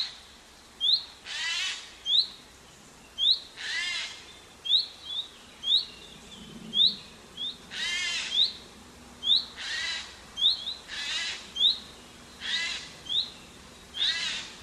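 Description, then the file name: Eurasian jay uttering harsh, scratchy screeches at irregular intervals of about one to four seconds, interleaved with frequent short, rising chirps throughout. "Garrulus glandarius"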